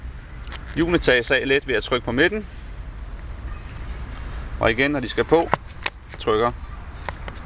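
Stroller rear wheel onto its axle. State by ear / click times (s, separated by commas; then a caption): seated / 7.1 s. Someone talks while a rear wheel with a plastic hub is pushed back onto the metal axle of a Tandem Deluxe twin stroller. A sharp click at 7.1 s marks the wheel seating onto its axle, followed by a softer tick at 7.3 s.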